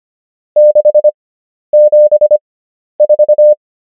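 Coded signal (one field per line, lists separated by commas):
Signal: Morse code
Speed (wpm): 25 wpm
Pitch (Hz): 600 Hz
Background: none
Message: 674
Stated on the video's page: Morse number practice at 25 wpm character speed with 11 wpm Farnsworth word speed, English.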